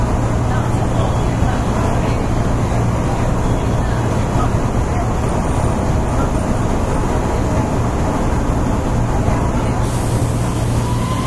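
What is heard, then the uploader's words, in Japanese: Recorded inside an older electric commuter train in motion, a thick, steady rumble fills the cabin with a constant low motor hum underneath. The loudness barely changes, and a faint hiss brightens slightly near the end. Muffled voices may be present. 阪和線103系電車 鳳から天王寺まで。JR103系電車の走行音です。阪和線の普通列車にて収録しました。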